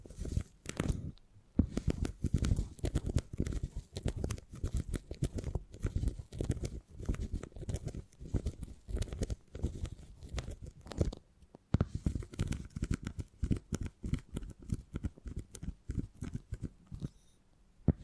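Beeswax is worked and squeezed in a dense run of sticky, crackling taps and soft tearing sounds, packed closely with little pause. The texture is mostly low and soft with brighter crinkly edges, briefly stopping just before the twelve-second mark before resuming.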